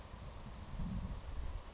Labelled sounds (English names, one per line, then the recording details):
Savannah Sparrow
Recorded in Sonoma County, California